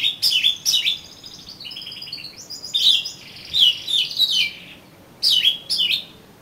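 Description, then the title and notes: Oriental magpie-robin song: varied, fast whistled phrases mixing sweeping slurs with a stuttering buzzy trill, pausing briefly before two final falling notes. "suara kacer. kumpulan suara burung kacer"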